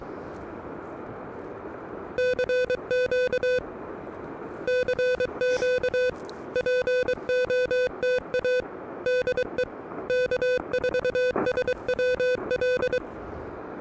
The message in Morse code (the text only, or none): CQ CQ POTA DE K4SWL